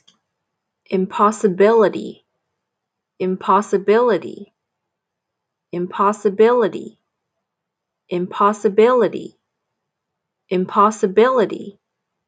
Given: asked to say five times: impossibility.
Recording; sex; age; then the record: repeated word; female; 20 to 29 years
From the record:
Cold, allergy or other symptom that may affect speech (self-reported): no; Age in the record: 24 years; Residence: Texas, United States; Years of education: 16